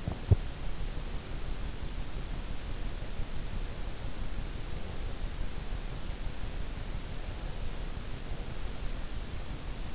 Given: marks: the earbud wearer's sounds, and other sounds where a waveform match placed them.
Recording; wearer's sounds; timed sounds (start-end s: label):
sounds in sleep by an in-ear microphone; teeth grinding
0.00-0.48 s: teeth grinding